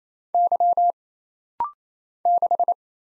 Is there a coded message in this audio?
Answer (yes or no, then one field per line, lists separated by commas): yes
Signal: Morse code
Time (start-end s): 0.3-2.7 s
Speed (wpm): 28 wpm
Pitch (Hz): 700 Hz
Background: none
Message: Y 6